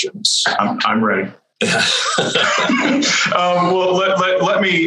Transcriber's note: laughter